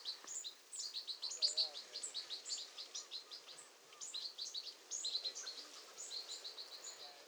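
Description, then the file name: European goldfinch twittering, a steady stream of high liquid notes and trills over a soft hiss. "Carduelis carduelis"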